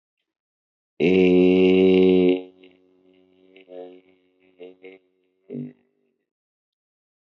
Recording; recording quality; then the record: sustained vowel as in made; excellent, no background noise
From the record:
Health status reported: healthy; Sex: male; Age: 29 years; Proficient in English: yes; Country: India